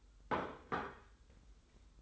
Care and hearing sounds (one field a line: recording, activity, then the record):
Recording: daily activity, microphone in the room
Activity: place plate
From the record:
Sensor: 3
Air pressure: 990.8 hPa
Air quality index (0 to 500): 148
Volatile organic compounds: 424 ppm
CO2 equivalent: 4709 ppm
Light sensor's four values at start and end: 40/96/38/36 and 40/96/38/36